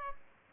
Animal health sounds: mosquito wingbeat signal from an infrared sensor; Aedes albopictus

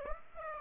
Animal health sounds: mosquito wingbeat signal from an infrared sensor; Aedes aegypti

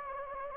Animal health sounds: mosquito wingbeat signal from an infrared sensor; Anopheles gambiae

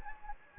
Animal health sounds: mosquito wingbeat signal from an infrared sensor; Anopheles gambiae

